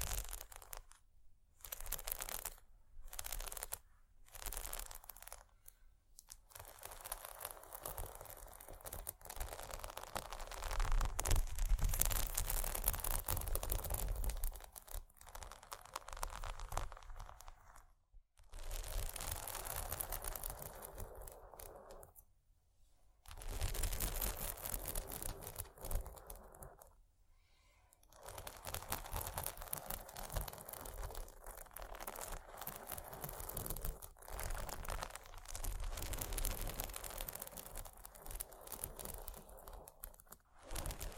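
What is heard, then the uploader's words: Bumpy textured items scratch against each other in dense, rough bursts that crackle and crinkle across a bright, hissy range. The rubbing comes in uneven stretches of several seconds, broken by short silences near 1–5, 18, 23 and 27 seconds. ASMR Bumpy Textured Items Scratching（No Talking）.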